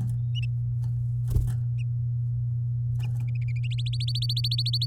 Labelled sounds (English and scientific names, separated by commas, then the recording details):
Domestic Canary (Serinus canaria) song
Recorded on 9 May 2018 at 11:01
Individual llb16